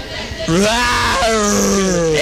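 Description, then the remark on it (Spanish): A person imitates a lion's roar with a loud, sustained, throaty moan that starts after a brief pause, dips slightly in pitch, then swells again at the very end. “Sonido de león.”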